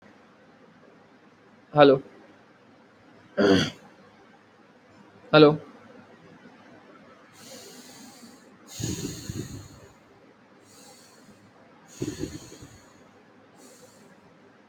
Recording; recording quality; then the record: shallow breathing; excellent, no background noise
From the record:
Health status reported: healthy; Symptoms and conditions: cough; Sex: male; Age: 20 years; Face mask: not worn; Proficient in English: yes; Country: India